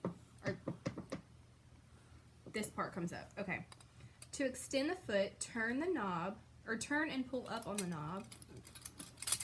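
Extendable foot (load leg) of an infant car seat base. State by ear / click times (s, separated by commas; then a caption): not seated / none. Someone talks while handling the extendable plastic foot (load leg) of an Urbini Sonti infant car seat base, turning and pulling up on its knob to extend it. A quick run of light clicks and taps is heard in the first second, and a short louder clatter comes at the very end. Nothing has seated or locked into place yet.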